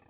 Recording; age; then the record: pig call; piglet (1 to 25 days)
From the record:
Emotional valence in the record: positive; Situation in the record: short reunion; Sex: female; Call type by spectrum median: low-frequency call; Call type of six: low-frequency stable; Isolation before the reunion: 3 minutes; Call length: 0.10 s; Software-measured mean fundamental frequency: 85 Hz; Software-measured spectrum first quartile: 281 Hz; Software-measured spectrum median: 751 Hz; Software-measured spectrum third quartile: 1676 Hz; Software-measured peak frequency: 106 Hz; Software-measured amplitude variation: 216 dB a second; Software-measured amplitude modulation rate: 10.4 a second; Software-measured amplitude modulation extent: 20.8 dB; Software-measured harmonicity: 0.9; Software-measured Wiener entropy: -0.73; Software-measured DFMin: 758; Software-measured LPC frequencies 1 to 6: 818, 1770, 2543, 3777, 4240, 5941 Hz